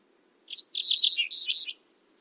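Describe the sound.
Bird giving rapid high chirps: a brief opening note, then a tight cluster of sharp twittering calls over about one second, with a faint low hum beneath.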